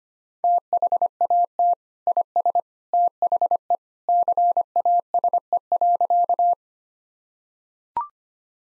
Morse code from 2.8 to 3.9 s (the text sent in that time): THE